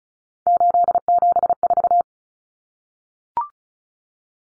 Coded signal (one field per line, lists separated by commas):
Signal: Morse code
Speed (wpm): 34 wpm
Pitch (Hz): 700 Hz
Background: none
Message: 874